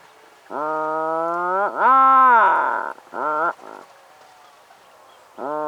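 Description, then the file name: Atlantic puffin making a long, level, nasal groan that swells into a louder arched note, then quick clipped grunts, with a fresh groan starting at the end. "Canto do papagaio do mar"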